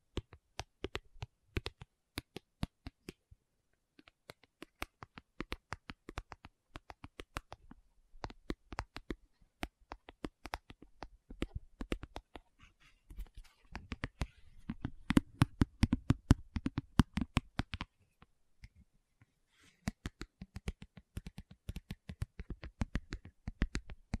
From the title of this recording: Tapping Session (No Talking)